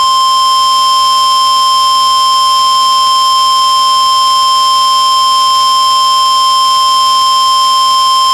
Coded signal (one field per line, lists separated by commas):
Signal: Emergency Alert System (SAME) tones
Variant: 1050 Hz attention tone